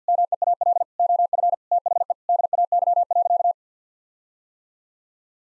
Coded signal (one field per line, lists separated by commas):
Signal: Morse code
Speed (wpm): 48 wpm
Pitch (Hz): 700 Hz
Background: none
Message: MEAL OF THE DAY.